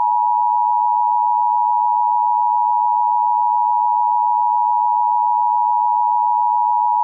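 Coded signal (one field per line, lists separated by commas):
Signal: Emergency Alert System (SAME) tones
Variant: 853 and 960 Hz attention tone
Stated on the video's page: Mock reenactment of a real Severe Thunderstorm Warning EAS alert using valid EAS tones.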